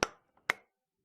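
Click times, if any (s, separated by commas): 0.0 s, 0.5 s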